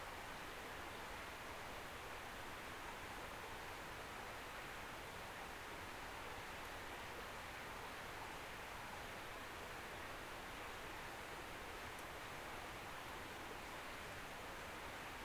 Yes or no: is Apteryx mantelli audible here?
no